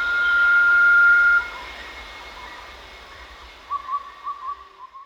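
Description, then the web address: Blue-banded pitta call: a single sustained, clear whistle, then quiet and a few soft notes. Recorded at Danum on 1 March 2008. "DANUM 20080301. blue-banded pitta"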